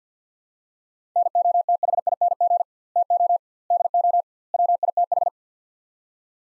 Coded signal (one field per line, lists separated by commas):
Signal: Morse code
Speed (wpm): 50 wpm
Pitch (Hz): 700 Hz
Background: none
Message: NOTHING TO DO WITH